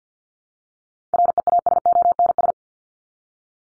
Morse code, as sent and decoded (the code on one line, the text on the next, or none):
.-. . .- ... --- -. ...
REASONS